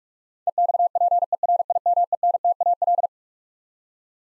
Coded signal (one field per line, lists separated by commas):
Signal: Morse code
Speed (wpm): 46 wpm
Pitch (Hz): 700 Hz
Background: none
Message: EXPERIMENTAL